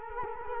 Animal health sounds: mosquito wingbeat signal from an infrared sensor; Culex quinquefasciatus

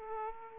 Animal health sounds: mosquito wingbeat signal from an infrared sensor; Aedes aegypti

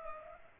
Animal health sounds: mosquito wingbeat signal from an infrared sensor; Culex pipiens

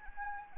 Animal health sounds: mosquito wingbeat signal from an infrared sensor; Anopheles arabiensis

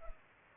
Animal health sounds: mosquito wingbeat signal from an infrared sensor; Culex pipiens

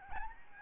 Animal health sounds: mosquito wingbeat signal from an infrared sensor; Aedes albopictus

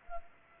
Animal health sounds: mosquito wingbeat signal from an infrared sensor; Culex pipiens

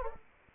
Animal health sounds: mosquito wingbeat signal from an infrared sensor; Anopheles arabiensis

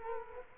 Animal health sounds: mosquito wingbeat signal from an infrared sensor; Culex quinquefasciatus

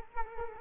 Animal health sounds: mosquito wingbeat signal from an infrared sensor; Culex quinquefasciatus

